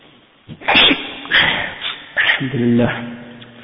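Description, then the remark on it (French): Several sharp sneezes, caused by an allergy to a cat, burst out in a quick sequence, loud and breathy, then a voiced, humming sound trails on at the end. “Le frère, il a un chat, des fois, ça me fait éternuer.”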